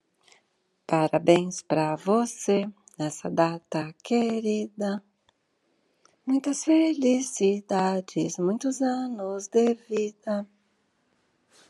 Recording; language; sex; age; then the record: short text; Brazilian Portuguese; female; 50 to 59 years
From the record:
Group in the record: control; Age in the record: 58 years